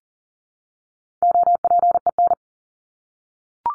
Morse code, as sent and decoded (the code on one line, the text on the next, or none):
--- .--. . -.
OPEN